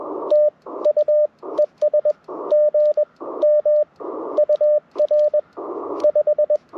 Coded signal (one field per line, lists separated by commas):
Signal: Morse code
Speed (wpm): 20 wpm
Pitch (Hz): 590 Hz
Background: radio noise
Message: TU ES GM UR 5